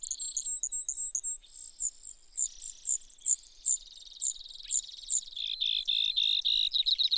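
Brewer's sparrow song opening with evenly spaced thin notes, then sliding into quick, buzzy trills at a lower pitch.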